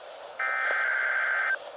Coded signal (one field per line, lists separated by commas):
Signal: Emergency Alert System (SAME) tones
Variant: header bursts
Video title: MARCH OF THE MEDIOCRE MODERATE - EAS Alerts from 3/16/26 || EAS 2,054-2,085